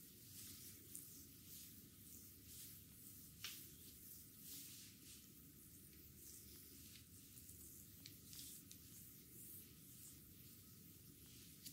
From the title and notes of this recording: Egyptian technique massage. ASMR no talking.